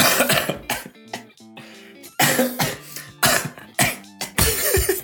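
About six harsh, irregular cough bursts from an adult man, a persistent cough that won't stop, from a common cold; he sounds unwell.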